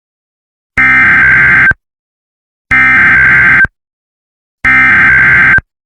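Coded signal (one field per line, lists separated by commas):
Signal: Emergency Alert System (SAME) tones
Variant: header bursts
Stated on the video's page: Fictional Emergency Alert System scenario about Godzilla; simulated alert.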